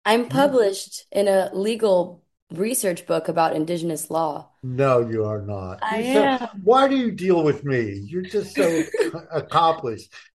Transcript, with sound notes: published in a legal research book about indigenous law.
No, you are not.
I am.
So, why do you deal with me?
(laughs)
You're just so accomplished.